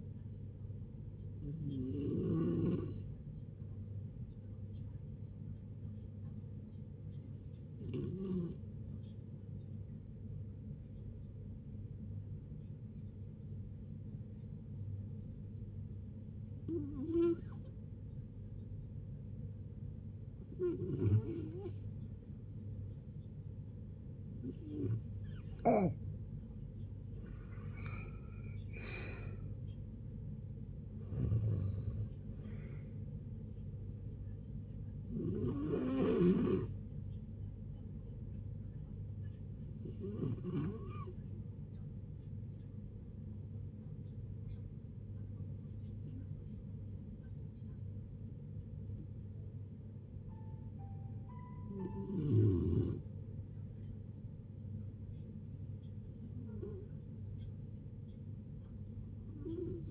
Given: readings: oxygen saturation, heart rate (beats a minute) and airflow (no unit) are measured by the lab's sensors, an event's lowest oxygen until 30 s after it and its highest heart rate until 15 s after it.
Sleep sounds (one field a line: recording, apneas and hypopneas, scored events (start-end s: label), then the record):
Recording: a person awake in a sleep study, by a smartphone at the bedside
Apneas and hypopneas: none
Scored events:
0.00-59.91 s: awake
0.00-59.91 s: awake
From the record:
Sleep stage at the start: awake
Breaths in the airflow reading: 25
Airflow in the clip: -0.7 to 0.6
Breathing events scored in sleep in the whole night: 496 in 5.4 hours asleep